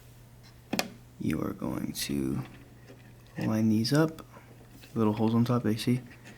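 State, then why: Not seated. A PC component is lined up by the small holes on its top before being pressed into its motherboard or case mount, with a brief sharp tap of handling near 0.7–0.8 seconds while someone talks. The part has not seated or clicked into its latch yet.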